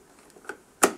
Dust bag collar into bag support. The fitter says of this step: it down until it clicks into place.